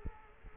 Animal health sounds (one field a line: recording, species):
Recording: mosquito wingbeat signal from an infrared sensor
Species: Culex quinquefasciatus